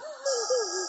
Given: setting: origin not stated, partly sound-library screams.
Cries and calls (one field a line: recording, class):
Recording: one-second piece from a danger detection set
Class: woman in danger